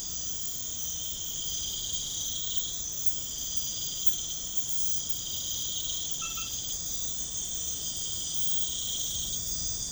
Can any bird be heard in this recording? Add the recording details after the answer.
no. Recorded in pastures near Puerto Asís, Putumayo, Colombia, on 12 March 2025 at 23:00. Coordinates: 0.505, -76.324. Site GP08